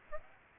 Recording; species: mosquito wingbeat signal from an infrared sensor; Aedes aegypti